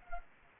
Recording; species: mosquito wingbeat signal from an infrared sensor; Anopheles arabiensis